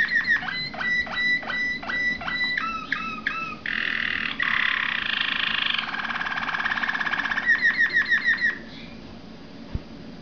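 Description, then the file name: Waterslager canary song: quick repeated notes dropping in pitch, then bubbling watery rolls and a buzzy churring phrase, ending in a fast repeated trill. "malinois waterslager omkicau"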